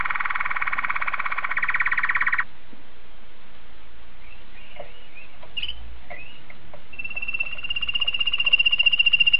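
Canary song opening with a fast rattling trill, then soft scattered chirps and twitters, ending in a steady thin whistle.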